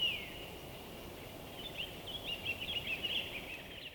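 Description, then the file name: Bird twittering that starts with a falling note, then a run of quick, jumbled high chirps over a continuous low hiss. Winter forest by day, frozen wood, North Laurentian Woods, Canada. "WINTER Forest day blissful bird song resonating through the frozen wood North Laurentian Woods Canada LOOPLR"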